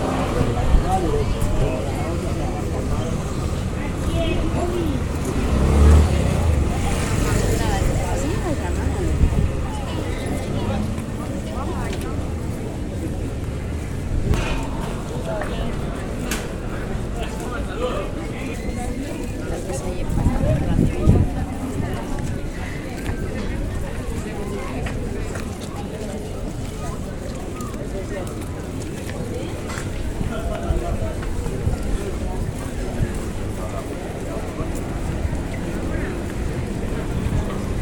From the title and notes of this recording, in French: Balade à Cadaquès. Juste une ballade sonore à cadaquès.